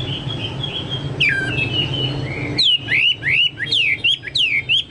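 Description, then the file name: Chinese hwamei giving clear whistled song, a sustained wavering note followed by loud looping whistles repeated about three times a second. "hwamei-2-omkicau"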